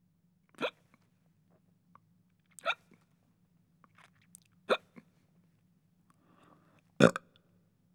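Four sharp, brief gulping bursts from an adult come at irregular intervals of about two seconds over eight seconds, with a low steady hum behind them. Each is a sudden catch of breath typical of hiccups.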